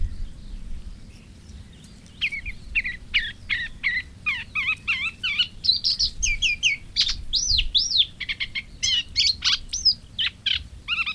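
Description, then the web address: Moustached warbler singing a lively, varied phrase of looping and slurred chirps after about two quiet seconds, with a faint low rumble underneath. "agykontroll Madardalok Cd 3. Fülemülesitke"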